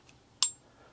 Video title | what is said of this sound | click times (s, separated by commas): Basic 1911 Operation | there was a click where the triggers reset | 0.4 s